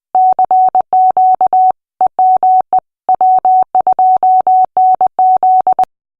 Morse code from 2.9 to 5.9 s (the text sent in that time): W2NZ